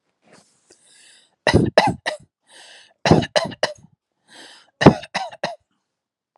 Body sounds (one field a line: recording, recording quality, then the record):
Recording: shallow voluntary cough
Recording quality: excellent, no background noise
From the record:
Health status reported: healthy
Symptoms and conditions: none ticked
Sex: male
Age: 27 years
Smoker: not ticked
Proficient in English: yes